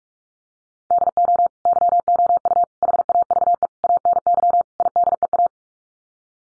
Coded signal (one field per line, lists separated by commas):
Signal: Morse code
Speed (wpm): 44 wpm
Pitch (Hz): 700 Hz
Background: none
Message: DO YOU HAVE ANY IDEA